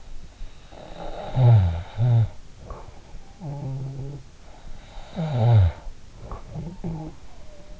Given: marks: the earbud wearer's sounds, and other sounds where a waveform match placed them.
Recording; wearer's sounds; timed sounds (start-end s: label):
sounds in sleep by an in-ear microphone; snoring breath
0.55-2.72 s: snoring breath
3.18-7.80 s: snoring breath